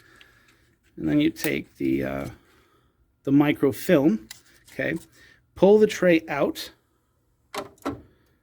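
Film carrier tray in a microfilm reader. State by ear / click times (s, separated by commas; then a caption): released / 7.9 s. Someone talks, then pulls the film carrier tray of a microfilm reader all the way out. Near the end there are short sliding sounds, and a click comes at 7.9 s as the tray reaches full extension. One of its glass panes comes open.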